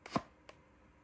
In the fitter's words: You can hear it click into place.